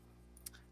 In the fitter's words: It's got that really satisfying click.